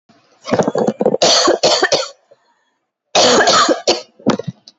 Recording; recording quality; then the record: heavy voluntary cough; moderate, slight background noise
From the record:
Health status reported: COVID-19 positive, mild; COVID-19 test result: positive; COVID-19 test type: RT-PCR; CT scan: taken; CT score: 0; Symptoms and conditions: cough, cold, muscle pain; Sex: female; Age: 30 years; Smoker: no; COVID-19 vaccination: both doses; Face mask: not worn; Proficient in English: yes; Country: India